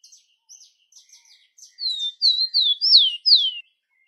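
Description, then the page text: Rufous-collared sparrow song: a few soft high notes, then a run of clear whistled slurred notes sliding downward, each loud and sharp, ending abruptly. "TICO TICO (Zonotrichia Capensis)"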